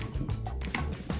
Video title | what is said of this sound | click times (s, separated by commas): Discover the Newest Voss 991 Carbon Black Stardust Helmet | snap it in there we go that's in there gaskets all tight in there | 0.8 s